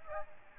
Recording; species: mosquito wingbeat signal from an infrared sensor; Aedes aegypti